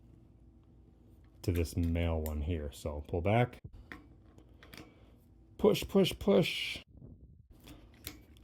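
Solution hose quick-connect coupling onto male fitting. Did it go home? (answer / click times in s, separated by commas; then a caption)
yes / 8.1 s. Someone talks while the sleeve of a female quick-connect coupling on a carpet-cleaning solution hose is pulled back and the coupling is pushed onto the male fitting. Small handling clicks and taps follow during the pushing, and the coupling snaps on and seats with a sharp click at 8.1 s.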